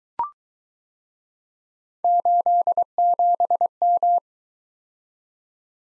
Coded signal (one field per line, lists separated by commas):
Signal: Morse code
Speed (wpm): 22 wpm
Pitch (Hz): 700 Hz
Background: none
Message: 87M